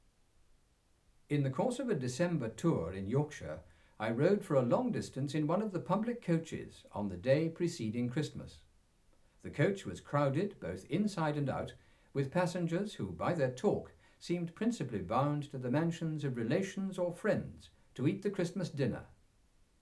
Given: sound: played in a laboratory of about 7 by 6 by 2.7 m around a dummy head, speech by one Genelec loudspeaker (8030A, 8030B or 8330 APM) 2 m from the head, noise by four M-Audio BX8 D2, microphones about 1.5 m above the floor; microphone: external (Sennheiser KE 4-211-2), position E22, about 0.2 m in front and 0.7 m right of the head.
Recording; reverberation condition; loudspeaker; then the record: male speech in English; low; 120 degrees to the right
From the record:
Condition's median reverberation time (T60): about 310 ms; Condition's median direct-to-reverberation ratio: about 3.5 dB